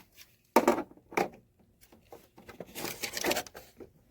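A small plastic slide-in piece is pushed into the slot of the holder mount on a PIXEL 19-inch bi-color LCD display ring light with wireless remote and iPad holder. Sharp plastic knocks land at about 0.6 s and 1.2 s, followed by a scraping, rattling stretch around 2.7 to 3.4 s. Nothing has seated or clicked yet; the piece does not stay in place, which is blamed on low-quality plastic.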